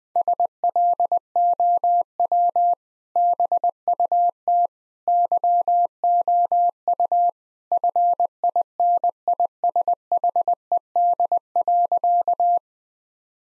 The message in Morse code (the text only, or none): SLOW BUT YOU FINISHED.